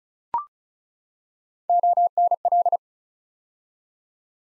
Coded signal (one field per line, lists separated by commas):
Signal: Morse code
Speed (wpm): 36 wpm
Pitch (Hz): 700 Hz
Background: none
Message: ONL